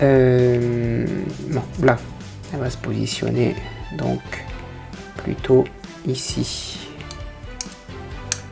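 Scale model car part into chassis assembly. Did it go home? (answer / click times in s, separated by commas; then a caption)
yes / 8.3 s. Over background music, someone talks while fitting a plastic or metal side-platform/pump part onto the chassis of a 1/8 scale Porsche 917KH model, positioning it and pushing it into place. A sharp snap at 8.3 s marks the part clipping in, and it is seated.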